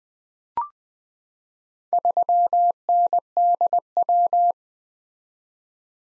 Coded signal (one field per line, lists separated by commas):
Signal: Morse code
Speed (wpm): 21 wpm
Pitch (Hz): 700 Hz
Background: none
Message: 3NDW